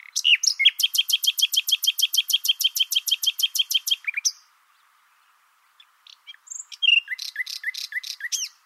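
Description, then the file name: Common nightingale delivering a three-second rapid, rhythmic run of identical loud notes, a pause, then another phrase of varied chirps and repeated downslurred notes. "Luscinia megarhynchos"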